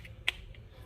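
During reassembly of a 1911 pistol, the recoil spring plug is pushed in and the steel barrel bushing is rotated with a tool in the pistol slide until it snaps into its locked position. A single sharp click at 0.3 s stands well above faint ticks and low background noise. The bushing is confirmed seated.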